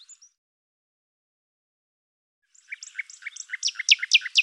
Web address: cianscape birddata Deverinetal 2025 Bird Lu Me Lu Me